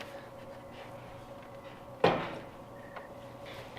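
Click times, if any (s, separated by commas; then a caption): none. A plastic engine-bay cover on a MINI Cooper Roadster R59 is rotated forward onto its two clips and lowered so its peg finds its slot during an oil change. A sharp handling knock at 2.0 s, with lighter contact ticks at about 3.0 s and 3.8 s, sounds over a steady low background. Nothing has seated or clicked yet.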